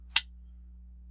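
A pin is pushed through the slide lock into a Glock 17 pistol frame after the slide lock is wiggled back and forth. A single sharp snap is heard at 0.2 s against a low steady hum. The locking pin snaps into place and is seated.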